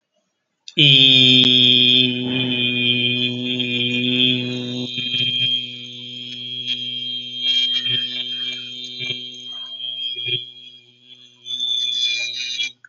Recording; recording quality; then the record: sustained vowel as in beet; excellent, no background noise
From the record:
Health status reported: healthy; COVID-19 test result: negative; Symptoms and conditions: cold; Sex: male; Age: 23 years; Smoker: not ticked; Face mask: not worn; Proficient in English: yes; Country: India